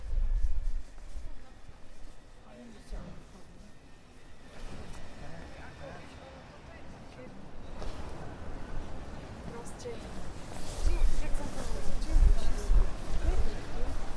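A walk through Prague streets with steady crowd chatter, footsteps and low rumble, growing busier and louder in the final seconds.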